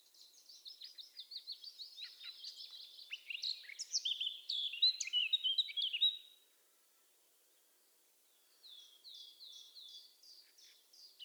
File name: Sylvia atricapilla